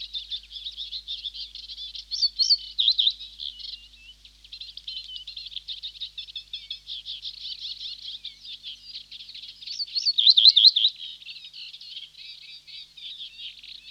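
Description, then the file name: Reed bunting: a steady stream of high, thin chattering notes, with two louder, wavering phrases about eight seconds apart. "Reed Bunting (Emberiza schoeniclus)"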